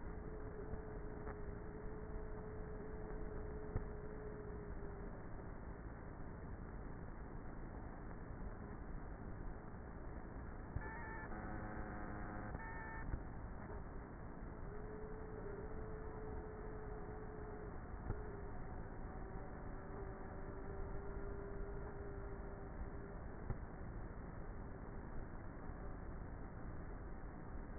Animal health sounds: honeybee colony, microphone inside the hive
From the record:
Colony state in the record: queenless with a low population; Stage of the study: before two queens were removed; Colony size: about 30,000 bees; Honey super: no

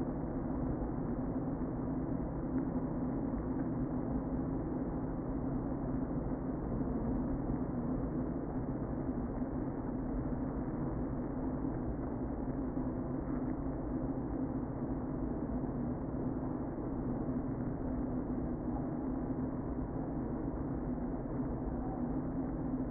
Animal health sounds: honeybee colony, microphone inside the hive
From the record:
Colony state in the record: queen present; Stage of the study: before two queens were removed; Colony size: about 60,000 bees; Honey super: yes

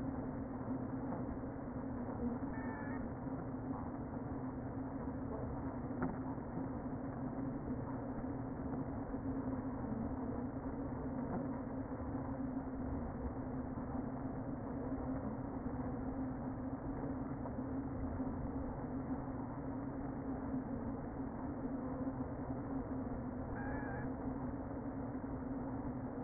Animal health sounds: honeybee colony, microphone inside the hive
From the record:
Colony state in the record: queen present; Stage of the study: before two queens were removed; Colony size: about 60,000 bees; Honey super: yes

